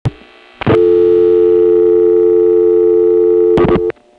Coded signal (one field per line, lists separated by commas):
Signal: telephone call progress tone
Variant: North America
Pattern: dial tone